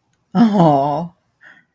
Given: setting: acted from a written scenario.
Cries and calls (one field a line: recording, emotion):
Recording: vocal sound without words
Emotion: adoration